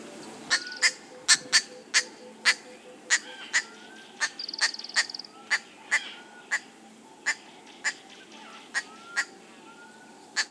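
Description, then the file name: Green wood hoopoe giving harsh, cackling notes repeated every half second or so, with a quicker burst midway. "Phoeniculus purpureus -- Green Woodhoopo"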